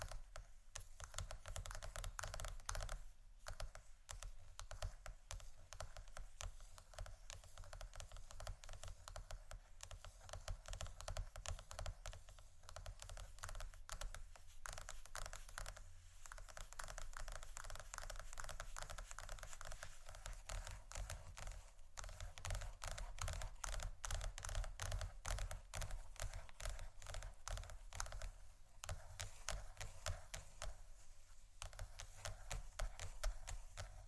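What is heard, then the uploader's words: Scratchy tapping goes on steadily for the whole stretch, a dense run of quick, crisp clicks much like rapid typing on a keyboard. The taps are bright and even in loudness, with a few brief gaps around 3, 16 and 22 seconds. ASMR Scratchy Tapping For Sleep & Study （No Talking）.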